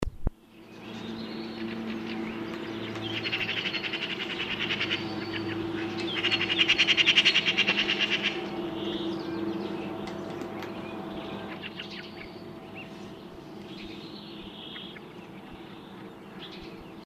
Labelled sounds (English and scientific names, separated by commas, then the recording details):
Eurasian Magpie (Pica pica), Eurasian Nuthatch (Sitta europaea)
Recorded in the wild
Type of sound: call
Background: Sitta europaea
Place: Oberstdorf, Bayern, DE
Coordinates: 47.41, 10.2797
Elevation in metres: 803
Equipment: Nagra IV, Sennheiser MKH 405, Parabolreflektor
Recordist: Tretzel, Erwin
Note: Oberstdorf 1977, Balkon: Gesang - Schäckern